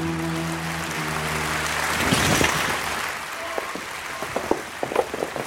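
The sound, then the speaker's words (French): A sustained musical chord fades as a theatre audience in Paris breaks into dense applause for the actors on stage, which swells briefly and then thins out into scattered individual claps. “Alors, quel effet ça fait d'être applaudi sur une scène parisienne?”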